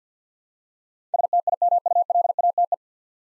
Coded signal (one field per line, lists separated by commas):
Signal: Morse code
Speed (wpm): 50 wpm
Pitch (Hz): 700 Hz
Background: none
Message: STIMULATE